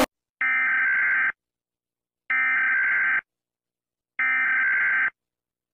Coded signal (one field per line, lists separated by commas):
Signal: Emergency Alert System (SAME) tones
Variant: header bursts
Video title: eas alarm part 2